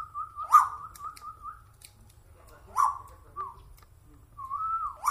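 Bird calls: a wavering whistled run, then scattered sharp harsh notes with short whistled tails, fairly quiet overall.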